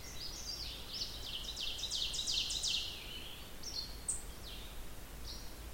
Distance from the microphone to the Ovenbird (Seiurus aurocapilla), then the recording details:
about 55 m. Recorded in boreal forest in Alberta, Canada, on 16 June 2016 at 06:13. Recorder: SongMeter 3, array SBT-3-32. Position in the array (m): 115 m, 148 m. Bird 37